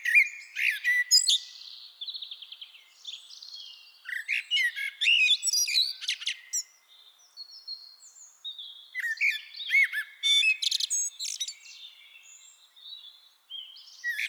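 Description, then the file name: Common blackbird singing a busy run of varied chirps, squeaky twitters and short whistled notes, mostly high-pitched, in bursts with brief pauses throughout. "Turdus merula"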